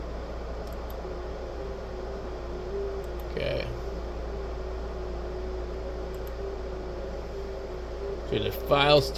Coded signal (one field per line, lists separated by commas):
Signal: FT8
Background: speech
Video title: Setting up Jtdx ft8 software on yaesu ftdx3000 ham radio